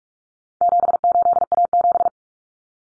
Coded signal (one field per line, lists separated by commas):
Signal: Morse code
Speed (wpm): 44 wpm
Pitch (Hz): 700 Hz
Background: none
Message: 78A7